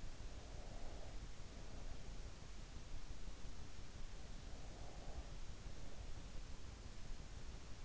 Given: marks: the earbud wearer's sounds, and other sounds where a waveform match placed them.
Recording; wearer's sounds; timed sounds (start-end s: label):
sounds in sleep by an in-ear microphone; breath
0.00-2.20 s: breath
4.23-6.39 s: breath